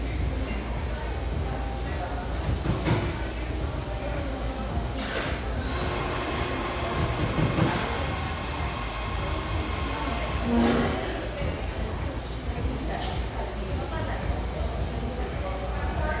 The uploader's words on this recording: Irvine, California. Cheerful, bustling background noise of this sunny café in one of the OC's most upscale neighborhoods.